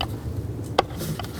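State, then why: Seated. A plastic engine pipe on a 2010–16 Buick LaCrosse is pushed into its port on the intake and pressed down until it locks in place. A sharp click at 0.8 s marks the pipe seating in its fitting, followed by a couple of faint ticks around 1.2 s over a low steady background.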